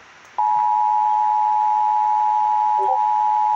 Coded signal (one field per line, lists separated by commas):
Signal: Emergency Alert System (SAME) tones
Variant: 853 and 960 Hz attention tone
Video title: EAS 430 IMMEDIATE EVACUATION UPDATE